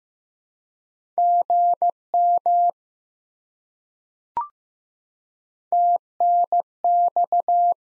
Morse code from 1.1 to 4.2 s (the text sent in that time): GM